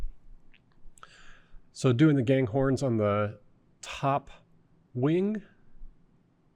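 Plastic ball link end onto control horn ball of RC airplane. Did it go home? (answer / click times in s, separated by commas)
yes / 1.0 s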